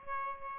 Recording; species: mosquito wingbeat signal from an infrared sensor; Aedes albopictus